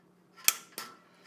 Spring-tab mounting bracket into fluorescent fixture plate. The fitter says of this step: and you heard the snap there everything